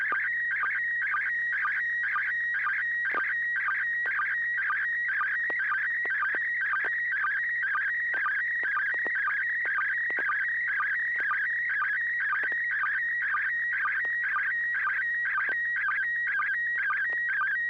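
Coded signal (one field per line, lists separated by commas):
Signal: SSTV (slow-scan television)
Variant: PD120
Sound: continuous warbling whistle, changing pitch, with rapid rhythmic chirps about twice a second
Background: low hum, FM radio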